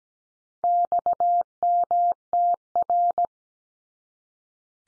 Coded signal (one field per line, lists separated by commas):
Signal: Morse code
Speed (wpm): 17 wpm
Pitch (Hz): 700 Hz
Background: none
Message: XMTR